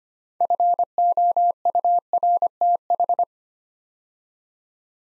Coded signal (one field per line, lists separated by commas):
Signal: Morse code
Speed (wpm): 26 wpm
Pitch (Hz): 700 Hz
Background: none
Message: FOURTH